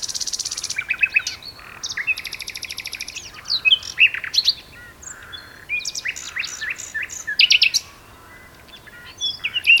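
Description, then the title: Common nightingale song with a steady buzzy rattle, quick chirped runs and sharp whistles. Two birds singing in a duet on Westleton Heath. "sanderson. nightingale duet on westleton heath"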